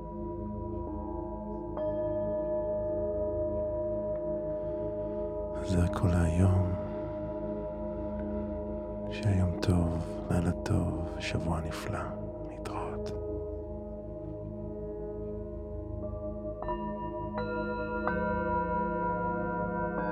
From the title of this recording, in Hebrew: קערות טיבטיות